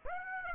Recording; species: mosquito wingbeat signal from an infrared sensor; Aedes aegypti